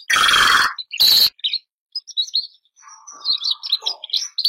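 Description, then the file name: Canary song opens with two loud, harsh bursts, then a short pause before soft twittering and a low buzzy phrase lead into high warbled notes. Bernois canary song. "canto do canario bernois"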